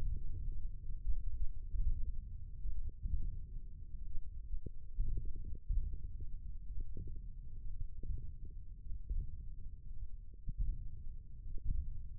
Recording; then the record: forearm muscle sounds (acoustic myography)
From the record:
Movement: index flexion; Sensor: system 1, eight BSWA MPA416 microphones around the upper forearm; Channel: 3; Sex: male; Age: 20 years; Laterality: left